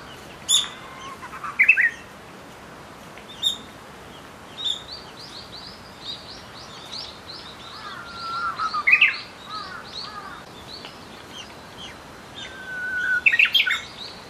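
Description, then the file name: Japanese bush warbler song: a low steady whistle near the bottom of the voice, each ending in a quick higher flourish, given three times, with high chirps from other birds throughout. "uguisu"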